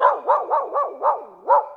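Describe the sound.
Dog barking, six quick barks in under two seconds, with no other sounds.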